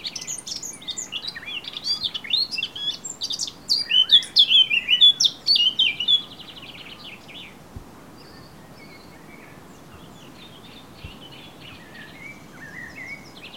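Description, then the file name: Eurasian blackcap song: a rich burst of varied warbling and whistled notes for about six seconds, then only faint, scattered chirps against a quiet background. "Sylvia atricapilla"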